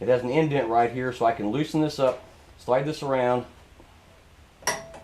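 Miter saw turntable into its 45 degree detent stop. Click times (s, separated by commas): 4.7 s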